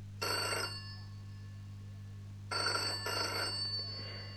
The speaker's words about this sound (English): The telephone's ringing. Can you answer it, please?